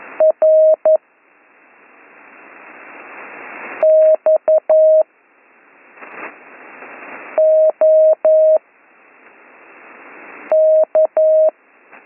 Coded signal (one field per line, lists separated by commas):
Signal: Morse code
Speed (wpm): 11 wpm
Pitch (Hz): 630 Hz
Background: none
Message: R X OK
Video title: Slow Morse Code Course - Week 8 - Learn Morse Code